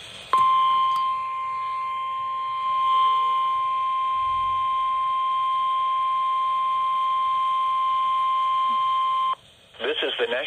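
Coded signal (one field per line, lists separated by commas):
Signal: Emergency Alert System (SAME) tones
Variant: 1050 Hz attention tone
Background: speech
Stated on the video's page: Required weekly test.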